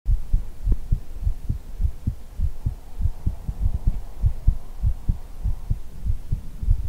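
A steady heartbeat, low and thudding, at about 98 beats per minute, heard close up as if the listener's head were held against the chest in a hug, in an ASMR setting.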